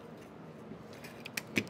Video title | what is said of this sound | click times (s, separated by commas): How to Load Film in the Canon A-1 -- Film Loading | and now we snap the back closed you hear that and that is closed now we would | 1.6 s